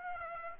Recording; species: mosquito wingbeat signal from an infrared sensor; Aedes aegypti